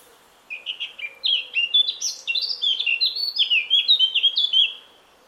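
Eurasian Blackcap sings after a brief silence: a lively four-second warble of rapid, fluty, up-and-down notes, then quiet again.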